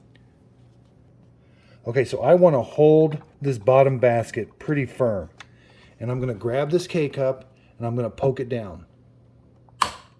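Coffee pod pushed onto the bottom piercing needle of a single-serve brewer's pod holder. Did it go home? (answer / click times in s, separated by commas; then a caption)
yes / 9.8 s. A plastic K-cup coffee pod is pushed down onto the bottom piercing needle of the pod holder basket of a Keurig K Cafe single-serve coffee maker while the basket is held firmly. Someone talks through most of the clip. Then a sharp pop at 9.8 s marks the needle piercing the pod as it seats.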